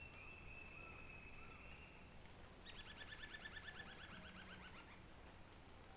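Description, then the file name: Bird gives a level high whistle, then a rapid burst of many repeated stacked notes, with a continuous high insect drone behind. "SABIOD 50 bird 2015"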